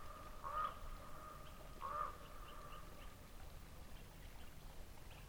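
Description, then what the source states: Raven with two brief croaking calls spaced roughly a second and a half apart, followed by quiet background noise. Raven calling while in flight.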